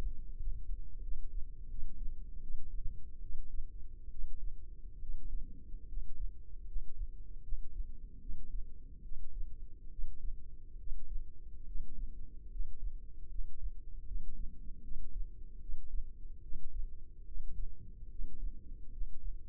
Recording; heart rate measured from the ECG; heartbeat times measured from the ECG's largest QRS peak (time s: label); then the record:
heart sounds by microphone in the left ear; 74 bpm
0.36 s: heartbeat
1.00 s: heartbeat
1.67 s: heartbeat
2.40 s: heartbeat
3.20 s: heartbeat
4.09 s: heartbeat
4.98 s: heartbeat
5.86 s: heartbeat
6.65 s: heartbeat
7.41 s: heartbeat
8.19 s: heartbeat
9.01 s: heartbeat
9.88 s: heartbeat
10.76 s: heartbeat
11.64 s: heartbeat
12.48 s: heartbeat
13.28 s: heartbeat
14.04 s: heartbeat
14.81 s: heartbeat
15.59 s: heartbeat
16.40 s: heartbeat
17.24 s: heartbeat
18.08 s: heartbeat
18.90 s: heartbeat
From the record:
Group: healthy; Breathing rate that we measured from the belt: 10 breaths a minute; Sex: female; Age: 32 years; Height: 168 cm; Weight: 61.9 kg